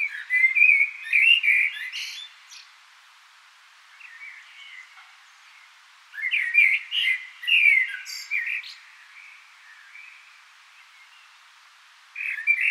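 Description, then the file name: Common blackbird singing phrases of mellow whistled notes followed by scratchy high twitters, separated by pauses of a few seconds. "Turdus merula"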